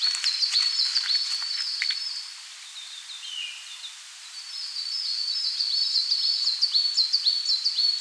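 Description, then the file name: Coal tit song, high repeated doubled notes, a brief lower call in the middle, then the rapid series resumes, with light clicking noises. "Parus ater"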